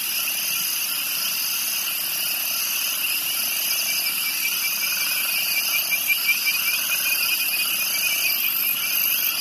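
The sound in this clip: Crickets trilling steadily in a dense, high chorus, several overlapping pulsing bands carrying on without a break throughout.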